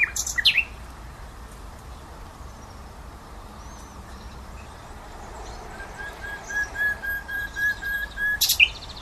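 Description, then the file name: Common nightingale song: a sharp opening flourish, then a series of pure whistled notes repeating and swelling in volume before a loud closing burst. "Luscinia megarhynchos"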